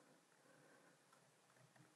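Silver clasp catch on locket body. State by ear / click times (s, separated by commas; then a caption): not seated / none. A silversmith pops the silver clasp catch forward on the closed locket body in a quiet handling stretch, with soft faint rustles and no hits. Nothing has clicked into place yet.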